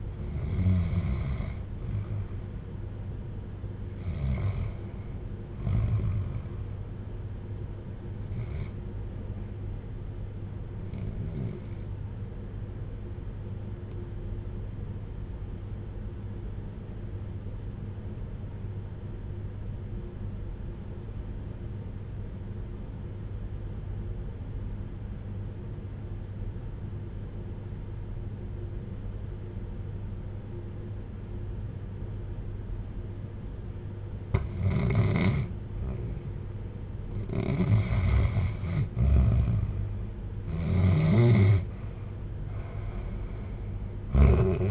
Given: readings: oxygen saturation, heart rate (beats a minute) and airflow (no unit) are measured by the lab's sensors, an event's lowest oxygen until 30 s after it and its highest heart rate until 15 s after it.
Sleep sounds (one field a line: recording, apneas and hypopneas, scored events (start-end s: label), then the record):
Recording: breathing in sleep by a smartphone at the bedside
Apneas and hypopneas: 1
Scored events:
12.00-40.30 s: obstructive apnea (REM, oxygen 94% highest, then 82% lowest, heart rate 56 at the start, 67 highest)
From the record:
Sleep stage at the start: REM sleep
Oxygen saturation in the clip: 88 to 94%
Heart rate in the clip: 52 to 62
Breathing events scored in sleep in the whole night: 310 in 8.1 hours asleep